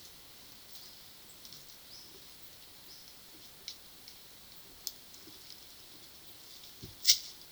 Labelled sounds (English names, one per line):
none